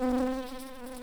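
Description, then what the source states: Shrill carder bee buzz: a steady tonal hum with rich stacked harmonics, strongest in the first third of a second, then continuing evenly at a lower level. Worker bees.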